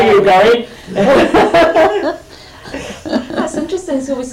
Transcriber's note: laughs